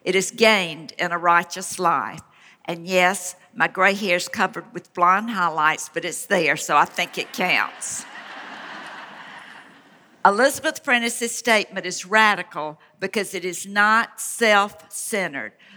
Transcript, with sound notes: it is gained in a righteous life” And, yes, my gray hair is covered with blonde highlights, but it’s there, so I think it counts. (laughter) Elisabeth Prentiss’ statement is radical because it is not self-centered.